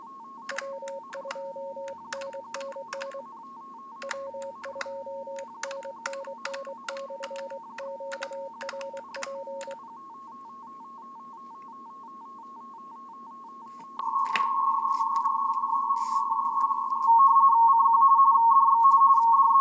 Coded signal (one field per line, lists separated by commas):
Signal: RTTY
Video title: Elecraft KX3 - RTTY 20M QSO - TG9AHM W2NNN